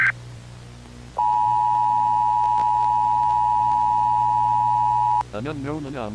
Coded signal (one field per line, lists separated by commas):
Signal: Emergency Alert System (SAME) tones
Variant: 853 and 960 Hz attention tone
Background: speech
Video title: Anomaly in the dormitory//Analog Horror and EAS scenario